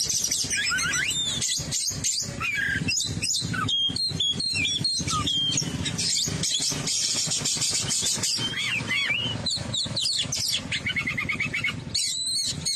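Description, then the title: Oriental magpie-robin song of quick high chips, slurred whistles and short trilled runs, continuing steadily with small gaps. "Kacer"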